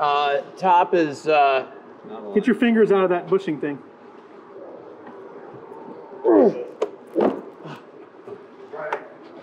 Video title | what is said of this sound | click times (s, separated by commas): #honeybee observation hive install at @charmcitymeadworks2188 | yeah it definitely locked into place all | 6.8 s, 8.9 s